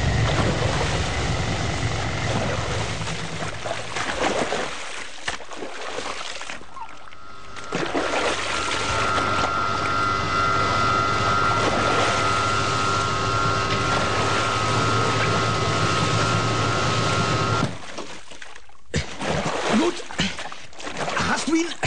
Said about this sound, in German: Das herrenlose Boot rast in Richtung Küste.